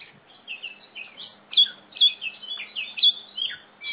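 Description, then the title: Oriental magpie-robin song of loud, sharp whistled notes and buzzy slurs in quick succession, with several loud peaks. Female competition bird from East Java, a national first-place champion; described as gacor (singing constantly), fighting type, black, poci. "Kacer Juara 1 Nasional gacor kacer juara nasional jawa timur kacer tarung betina poci gacor hitam"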